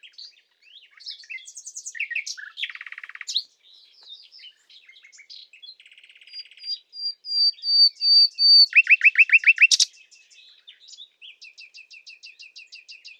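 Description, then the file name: Common nightingale song with varied phrases: buzzy rattles, a pure whistle, a loud rapid series of repeated notes, then softer ticking trills. "Luscinia megarhynchos"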